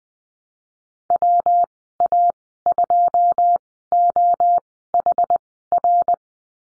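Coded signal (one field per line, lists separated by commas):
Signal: Morse code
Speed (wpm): 19 wpm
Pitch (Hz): 700 Hz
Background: none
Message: WA2OHR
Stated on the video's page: Morse course lesson on the number 9 and call signs, Farnsworth spacing at 20/10 wpm.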